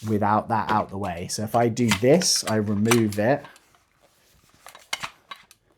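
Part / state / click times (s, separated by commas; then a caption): kit lever or cover on replica shotgun by the magazine well / partly seated / 4.9 s. Someone talks, then a kit lever or cover by the magazine well of a Tokyo Marui Saiga 12 SBS replica shotgun, converted in a Groza 12 bullpup build, is moved out of the way to fit the magazine and pushed back with a few small clicks. The loudest click comes at 4.9 s, but the part does not fully lock into place.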